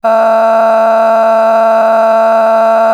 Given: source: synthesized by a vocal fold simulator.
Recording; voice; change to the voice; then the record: sustained vowel; female; a random mix of aspiration noise, stiffness perturbation and strain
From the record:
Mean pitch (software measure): 224 Hz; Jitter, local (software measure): 1.74%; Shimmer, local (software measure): 5.9%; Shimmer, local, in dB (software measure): 0.52 dB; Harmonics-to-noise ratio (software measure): 15.3 dB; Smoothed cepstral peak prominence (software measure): 14.5 dB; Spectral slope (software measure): -20.5 dB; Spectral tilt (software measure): -10.4 dB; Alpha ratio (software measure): -11.0 dB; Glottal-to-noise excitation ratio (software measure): 0.905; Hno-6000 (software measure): 2.2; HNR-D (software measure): 35.6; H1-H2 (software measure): 1.0 dB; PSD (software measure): 7.3e-05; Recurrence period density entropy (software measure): 0.117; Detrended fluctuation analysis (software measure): 0.0125